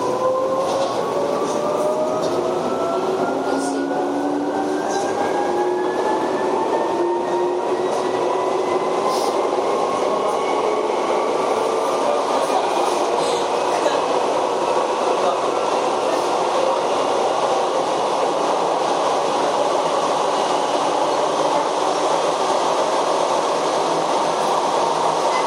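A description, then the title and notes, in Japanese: A Chichibu Railway 7500 series train runs between Hanyu and Kumagaya, its steady rumbling roar filling the whole stretch. Over the first twelve seconds a whining motor tone glides upward in pitch and then levels off. Faint clicks and rattles surface now and then. 秩父鉄道7500系 羽生ー熊谷。秩父鉄道本線 羽生→熊谷の区間で録音。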